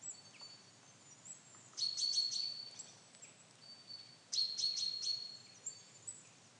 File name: Fringilla coelebs